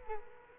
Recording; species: mosquito wingbeat signal from an infrared sensor; Culex quinquefasciatus